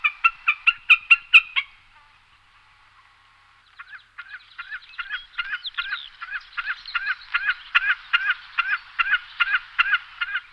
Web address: jadelmo pajaros Agachadiza comun